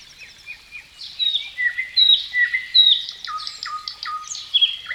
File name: Dauzkobza Natural Woodland Forest Water Stream Nightingale Birds Chirping Singing